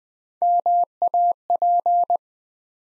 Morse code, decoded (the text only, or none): MAP